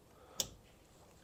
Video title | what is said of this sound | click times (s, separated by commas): Silverado fifth wheel wiring harness | you'll hear it lock | 0.4 s